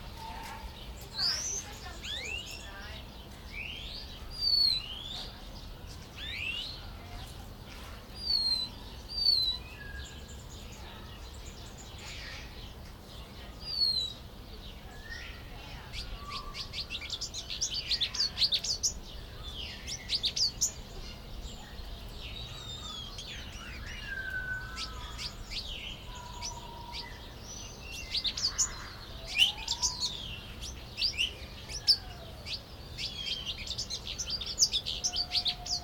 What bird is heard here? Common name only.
Pin-tailed Whydah